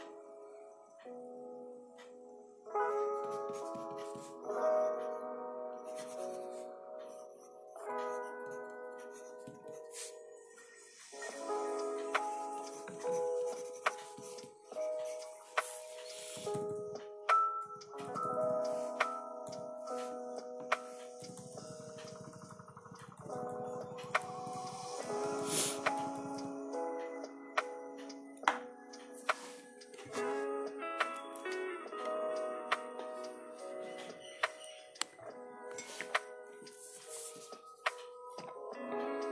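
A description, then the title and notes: Soft lofi music plays steadily, mellow sustained chords shifting every few seconds in the low-middle range. Over it come frequent light clicks and taps, like typing and pencil strokes, with a few brief rustling bursts around the middle, all quiet. Lofi study with me with pencil, page flipping and typing ASMR.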